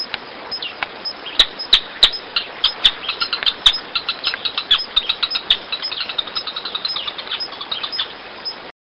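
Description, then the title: Canebrake groundcreeper calling in a busy stream of sharp, high chipping notes, several delivered in quick succession throughout. "LuckyPassaro Completos2Sama. Canebrake Groundcreeper (Clibanornis dendrocolaptoides)"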